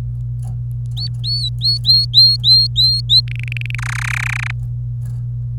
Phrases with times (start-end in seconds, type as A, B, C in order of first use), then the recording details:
0.97-3.20 A, 3.28-3.75 B, 3.78-4.51 C. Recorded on 26 April 2018 at 09:35. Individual llb3